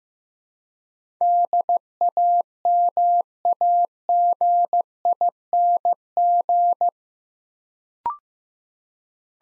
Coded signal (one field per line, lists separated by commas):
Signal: Morse code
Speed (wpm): 15 wpm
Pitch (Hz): 700 Hz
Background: none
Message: DAMAGING